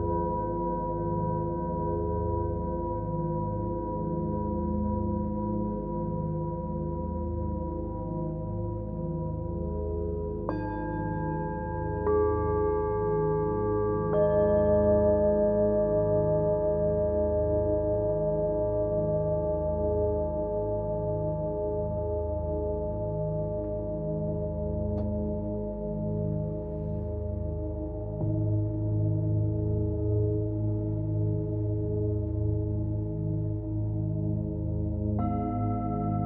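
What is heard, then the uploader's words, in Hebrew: Tibetan singing bowls ring in long, overlapping tones that hold steady for the whole stretch, with a slow pulsing wobble in the low notes. New strikes add brighter tones near 10, 12 and 14 seconds, and again right at the end. קערות טיבטיות.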